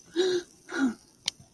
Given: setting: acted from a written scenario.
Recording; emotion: vocal sound without words; ecstasy